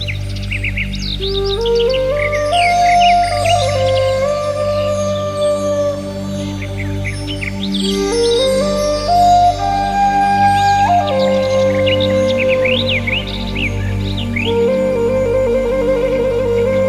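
Meditation music with nature sounds: a steady, low, sustained drone underlies a slow melody that steps up and down in long held notes. Bird chirps and tweets flit high above throughout, coming in busy clusters with short pauses, at an even overall level.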